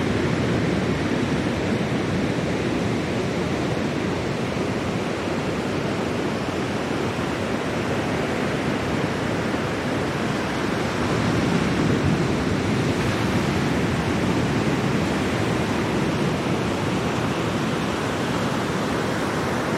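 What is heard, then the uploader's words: Ocean waves wash steadily along a coast in a dense, continuous rush, heaviest in the low and middle range with a softer hiss above. The level barely changes over the twenty seconds, with no distinct breaking crashes standing out. 1 Hour Ocean Waves Sounds: Coastal Serenity. 1 hour ocean waves sounds, coastal serenity.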